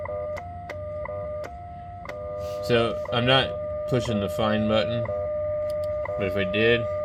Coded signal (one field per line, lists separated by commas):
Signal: radio time signal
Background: speech